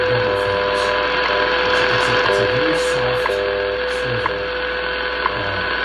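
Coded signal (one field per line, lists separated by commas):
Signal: radio time signal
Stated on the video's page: WWV time signal on 10 MHz received on a Kenwood R-2000.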